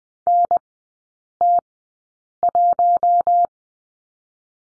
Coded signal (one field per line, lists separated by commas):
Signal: Morse code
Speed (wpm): 20 wpm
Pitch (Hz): 700 Hz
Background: none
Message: NT1